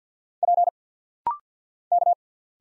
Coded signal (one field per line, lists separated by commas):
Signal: Morse code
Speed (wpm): 50 wpm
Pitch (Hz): 700 Hz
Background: none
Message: P K